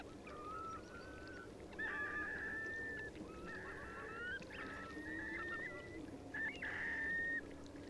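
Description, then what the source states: Eurasian curlew flock calling: many short whistled notes, some rising and some flat, overlapping against a steady low rumble. A flock of Eurasian curlews taking off.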